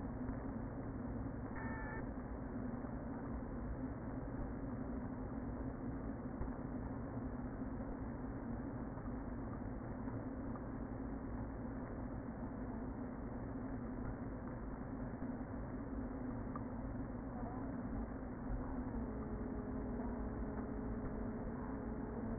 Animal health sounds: honeybee colony, microphone inside the hive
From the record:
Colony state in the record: queen present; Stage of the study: before two queens were removed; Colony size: about 60,000 bees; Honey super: yes

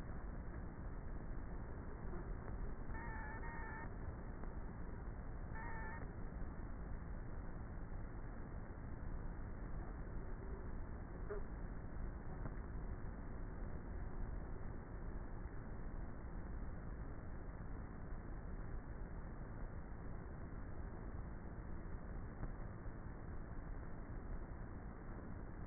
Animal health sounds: honeybee colony, microphone inside the hive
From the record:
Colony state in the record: queenless with a low population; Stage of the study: before two queens were removed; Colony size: about 30,000 bees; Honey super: no

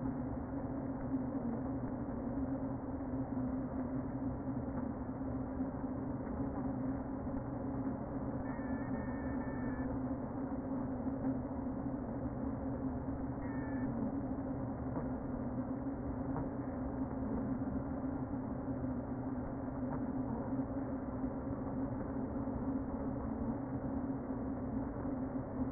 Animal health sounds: honeybee colony, microphone inside the hive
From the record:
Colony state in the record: queen present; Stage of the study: before two queens were removed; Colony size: about 60,000 bees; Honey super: yes

